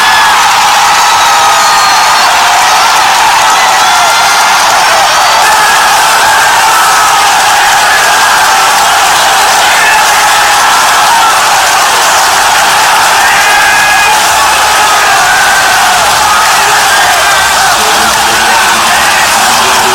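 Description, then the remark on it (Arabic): A large stadium crowd of Liverpool fans roars and cheers after a goal that Mohamed Salah helped score against Tottenham, a loud, sustained wall of shouting and whooping with no pauses, and scattered applause mixed in. “نشوف جماهير ليفربول عملت ايه بعد الهدف الرائع اللي محمد صلاح اشترك في احرازه ليفوز ليفربول على توتنهام بهدفين مقابل هدف.”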